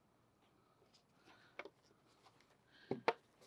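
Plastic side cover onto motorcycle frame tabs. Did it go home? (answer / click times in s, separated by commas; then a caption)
yes / 3.1 s. A plastic side cover is pressed onto two top tabs and one bottom tab on the frame of a 2014+ Harley Davidson Street Glide. A faint tap is heard at 1.6 s and a smaller one at 2.9 s, then a sharp pop at 3.1 s as the cover seats in place.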